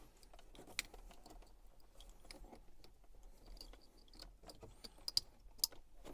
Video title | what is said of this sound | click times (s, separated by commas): How to permanently disable auto start stop. Remove start/stop with the Autostop Eliminator. | There we go, clicks in place. | 5.2 s